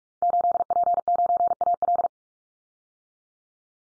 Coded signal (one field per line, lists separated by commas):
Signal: Morse code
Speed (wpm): 44 wpm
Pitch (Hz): 700 Hz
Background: none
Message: 8P9AL